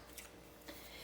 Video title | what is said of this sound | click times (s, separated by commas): Stanley Wildfare 26-Pc Cookset Unboxing & Review | they will connect together with just a little clip like that | 0.2 s